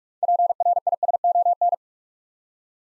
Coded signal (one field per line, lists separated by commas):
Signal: Morse code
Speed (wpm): 44 wpm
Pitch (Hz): 700 Hz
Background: none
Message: PRISON